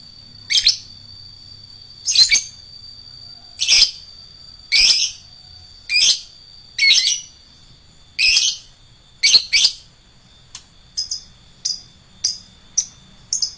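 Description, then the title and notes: Lovebird repeats harsh, shrill calls, then switches to a series of short, thin, higher ticks toward the end. Adult lovebird of the fighter type. "LOVEBIRD FIGTER. Lovebird Dewasa"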